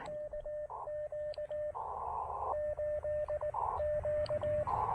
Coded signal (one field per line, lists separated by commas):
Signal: Morse code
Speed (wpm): 19 wpm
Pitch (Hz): 590 Hz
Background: radio noise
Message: KQ8Q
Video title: POTA Activation: New N0SA portable paddles & the Elecraft AX1 shows off. Again.